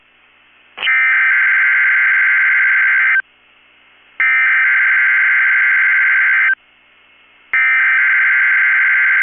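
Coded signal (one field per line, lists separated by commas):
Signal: Emergency Alert System (SAME) tones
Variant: header bursts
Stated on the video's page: Weekly required test on NOAA Weather Radio station KEC65.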